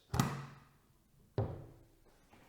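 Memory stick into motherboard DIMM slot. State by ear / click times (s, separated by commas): seated / 0.2 s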